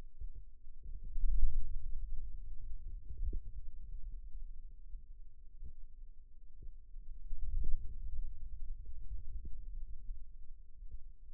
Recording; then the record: forearm muscle sounds (acoustic myography)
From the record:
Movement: hand closing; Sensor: system 2, bracelet of six BSWA MPA416 microphones around the upper forearm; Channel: 2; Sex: male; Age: 22 years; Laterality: right